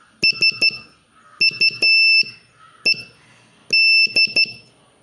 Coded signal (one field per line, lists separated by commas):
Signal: Morse code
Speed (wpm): 12 wpm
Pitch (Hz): 2650 Hz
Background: none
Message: SUED